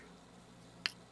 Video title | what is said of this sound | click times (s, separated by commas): Refrigerator Light Switch: How to Remove and Repair - Whirlpool | And that just snaps back in place. | 0.9 s